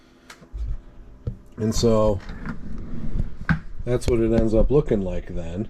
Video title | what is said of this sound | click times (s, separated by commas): Hexacopter Drone Build Project – Part 16 Gimbal and Camera | and click into place | 0.3 s